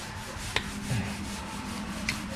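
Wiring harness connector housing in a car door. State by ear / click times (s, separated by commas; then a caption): released / 0.6 s, 2.1 s. Someone presses down with the weight of a hand on the plastic wiring-harness connector housing inside the door of a 2015-or-later Dodge Charger to separate it, with steady rubbing and scraping throughout. Sharp clicks ring out at 0.6 s and 2.1 s as the housing clicks apart and releases.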